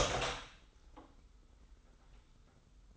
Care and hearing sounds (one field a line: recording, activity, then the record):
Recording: daily activity, microphone in the room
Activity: open door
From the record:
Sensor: 3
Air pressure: 990.3 hPa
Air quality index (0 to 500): 170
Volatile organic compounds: 1000 ppm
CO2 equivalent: 5494 ppm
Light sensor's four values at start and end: 48/113/46/44 and 48/112/46/43